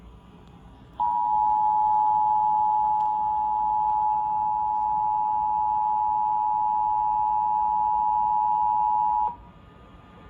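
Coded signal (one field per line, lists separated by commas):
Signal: Emergency Alert System (SAME) tones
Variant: 853 and 960 Hz attention tone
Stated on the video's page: FEMA National Periodic Test received on television, CBS station for the La Crosse, Wisconsin area.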